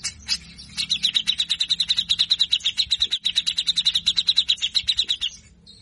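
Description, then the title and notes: Grey-cheeked bulbul song: a long, fast, steady string of high, harsh buzzy notes. Masteran training audio for songbirds; energetic (gacor) bird; song styles named besetan kasar, mbeset and ngepik. "MASTERAN CUCAK JENGGOT GACOR FULL BESETAN KASAR. Masteran cucak Jenggot gacor Mbeset Ngepik. Burung cucak jenggot"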